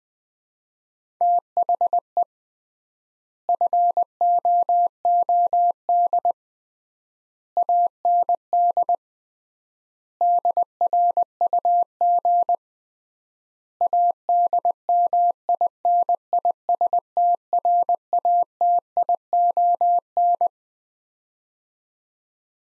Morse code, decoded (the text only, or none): THE FOOD AND DRUG ADMINISTRATION